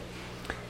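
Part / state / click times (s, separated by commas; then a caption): wiring harness plug coming out of the light bar connector / released / 0.5 s. A hand presses down on the release tab of a sealed plastic Deutsch-style weatherproof connector on a Putco Luminix off-road LED light bar wiring harness and pulls the plug out of the light bar connector. Against a steady low hum, a single short click sounds at 0.5 s as the connector releases and pulls apart.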